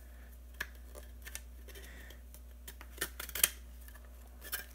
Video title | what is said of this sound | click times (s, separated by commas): 0099 - Build a Wall-Wart Eliminator for your Lab: Part 1 | that snaps right in there | 3.4 s